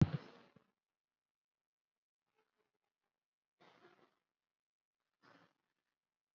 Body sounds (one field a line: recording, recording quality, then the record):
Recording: shallow breathing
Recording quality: excellent, no background noise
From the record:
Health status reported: COVID-19 positive, moderate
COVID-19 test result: positive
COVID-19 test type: RT-PCR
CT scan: taken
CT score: 8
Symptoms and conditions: cough, cold, breathing difficulty, fever, fatigue, loss of smell and taste, another condition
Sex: female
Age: 43 years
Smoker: no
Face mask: worn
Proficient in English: no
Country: India